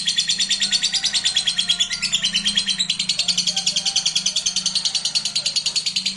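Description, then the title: Lovebird song, a steady rapid stream of high, buzzy chirping notes in quick pulses, with a faint low hum underneath. Used to stimulate a lazy, quiet lovebird into singing. "LOVEBIRD Malas Bunyi JADI GREGET SPONTAN Langsung NARIK"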